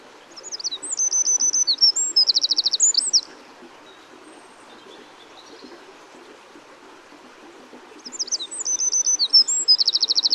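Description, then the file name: Eurasian wren song, two high rapid bursts of sharp notes and trills separated by a pause of several seconds, the second cut off at the end. "Troglodytes troglodytes"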